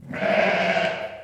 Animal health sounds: contact call of a hoofed animal; sheep; low-frequency (closed-mouth) or high-frequency (open-mouth) call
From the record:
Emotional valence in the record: negative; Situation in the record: short social isolation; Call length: 1.23 s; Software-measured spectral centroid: 1820 Hz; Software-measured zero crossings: 2230 a second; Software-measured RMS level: -23 dBFS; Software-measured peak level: -6 dBFS

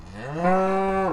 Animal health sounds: contact call of a hoofed animal; cattle; low-frequency (closed-mouth) or high-frequency (open-mouth) call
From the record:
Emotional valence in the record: negative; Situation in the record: physical separation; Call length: 1.13 s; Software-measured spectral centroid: 1250 Hz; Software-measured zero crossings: 1310 a second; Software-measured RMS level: -23 dBFS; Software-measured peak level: -9 dBFS

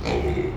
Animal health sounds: contact call of a hoofed animal; pig; closed-mouth grunt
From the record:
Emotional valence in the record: positive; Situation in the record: food and toys in familiar pen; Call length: 0.57 s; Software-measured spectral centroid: 1700 Hz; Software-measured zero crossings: 1100 a second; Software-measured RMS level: -24 dBFS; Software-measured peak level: -9 dBFS

